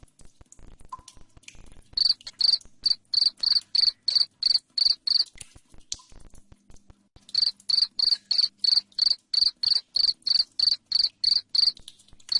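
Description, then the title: Cricket chirping: a quiet opening with soft clicks, then long runs of steady, piercing chirps about three per second, broken by one brief pause. Loud cricket chirping (ngerik) played to make lovebirds sing (ngekek) continuously. "Suara JANGKRIK NGERIK Keras Bikin LOVEBIRD Jadi NGEKEK Terus"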